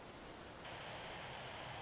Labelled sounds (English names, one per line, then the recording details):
Pacific Wren
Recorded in Sonoma County, California